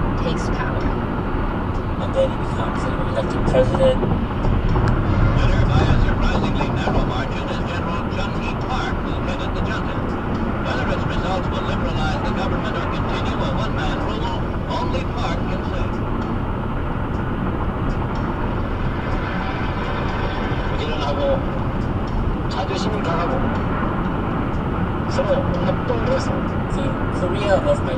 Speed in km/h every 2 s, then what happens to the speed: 116, 116, 116, 116, 116, 116, 116, 116, 116, 118, 118, 119, 119, 119.
0-28 steady at about 116.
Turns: none.